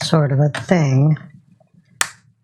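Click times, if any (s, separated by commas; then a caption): 2.0 s. During a hard-drive upgrade on an HP Pavilion g7 notebook, a drive bracket or connector is fitted by hand onto the new SSD while someone talks. After the talking stops, a single sharp click sounds at 2.0 s as the bracket pops on and seats.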